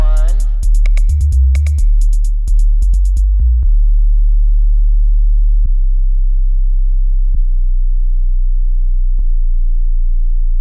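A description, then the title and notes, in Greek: A subwoofer bass test opens with a busy run of clicks and stacked tones over deep, loud low bass pulses for about three and a half seconds. After that a steady, very low hum holds on alone, broken by single sharp clicks near six, seven and nine seconds. Subwoofer Τεστ – 3 Τύποι Bass.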